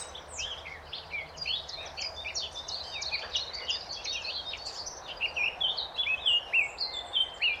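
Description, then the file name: Eurasian blackcap calls: busy high twittering with sharp, downslurred notes, swelling into clearer, louder phrases toward the end, over constant low background hiss. "Sylvia atricapilla"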